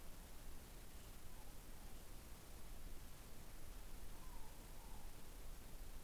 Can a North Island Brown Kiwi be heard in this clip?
no